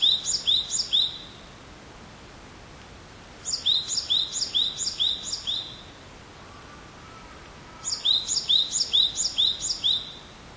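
Great tit song: bright two-note phrases repeated several times in quick series, three bursts separated by pauses of several seconds, over steady background hiss.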